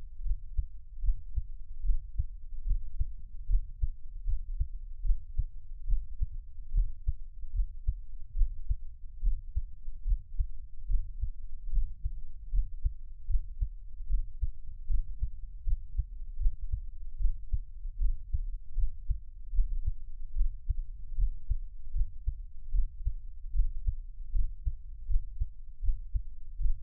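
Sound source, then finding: Heart, close microphone. Heartbeat.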